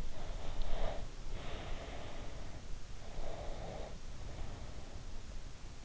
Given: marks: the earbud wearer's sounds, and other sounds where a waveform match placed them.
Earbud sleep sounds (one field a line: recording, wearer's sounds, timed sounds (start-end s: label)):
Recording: sounds in sleep by an in-ear microphone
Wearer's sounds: breath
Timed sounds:
0.25-2.58 s: breath
3.11-4.95 s: breath